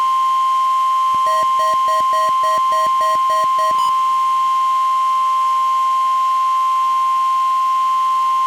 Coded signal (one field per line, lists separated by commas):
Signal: Emergency Alert System (SAME) tones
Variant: 1050 Hz attention tone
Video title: EAS: WXL40 Weekly Test (11/27/19)(EAS #221)